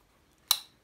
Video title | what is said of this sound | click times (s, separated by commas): Off-grid in Central Portugal / All in a Day's Work | and it gives a little click right | 0.5 s